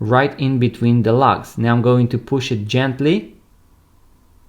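Someone talks while using a spring bar tool to compress the pin of a steel spring bar and position it between the lugs of a Timex Expedition watch case, fitting the strap. The clip ends before the bar is pushed home, so nothing has seated or clicked into the lug holes yet.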